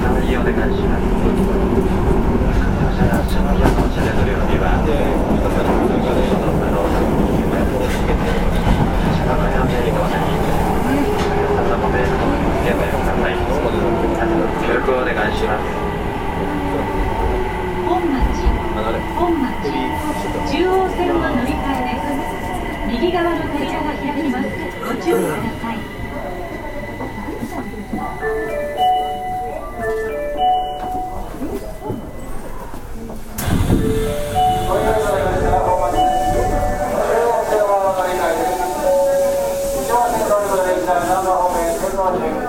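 Running sound of an Osaka Municipal Transportation Bureau 30000 series train, a steady, dense rumble throughout. Motor whines glide up and down in pitch, and from about 28 seconds stepped, rising electronic tones appear. A short jolt comes near 33 seconds.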